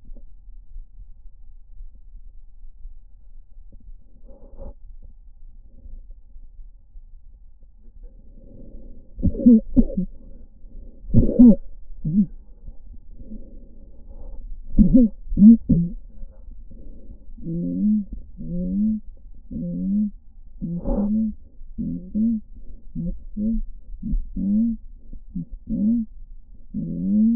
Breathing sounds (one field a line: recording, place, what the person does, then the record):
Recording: lung sounds by stethoscope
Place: left posterior apical chest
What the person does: quiet breathing, then cough and speech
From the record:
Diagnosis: COPD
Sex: female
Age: 68 years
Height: 150 cm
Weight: 70 kg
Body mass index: 31.1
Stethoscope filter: diaphragm mode